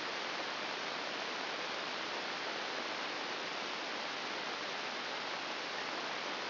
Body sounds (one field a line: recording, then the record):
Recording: brain microelectrode recording played as sound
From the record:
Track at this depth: inside the subthalamic nucleus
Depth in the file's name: 2.006 mm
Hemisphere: right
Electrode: 3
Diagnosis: Parkinson's disease